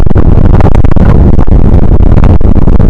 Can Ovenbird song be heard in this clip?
no